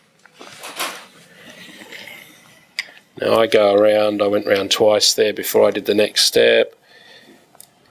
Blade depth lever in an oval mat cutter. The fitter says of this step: one little click on the lever and the blade has gone down now about halfway through the board